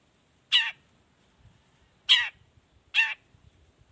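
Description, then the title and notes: Long-tailed shrike harsh calls: a few single rasping notes with silence between them. Active morning singing with varied toet-toet notes, used as a lure recording to prompt other shrikes of any kind to reply quickly. "Cendet Gacor Dor Di Kala Pagi Toet Toet Variasi Suara. Cendet Gacor Efektif Pancingan Buat Cendet Jenis Apapun Agar Cepat Nyaut Buka Paruh. Burung cendet"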